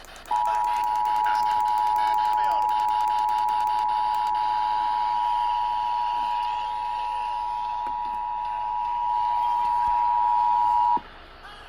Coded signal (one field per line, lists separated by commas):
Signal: Emergency Alert System (SAME) tones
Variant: 853 and 960 Hz attention tone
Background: speech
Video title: Eas Hgx svr on KTRH 740am and KHJK 103.7fm Eas#1522 -1523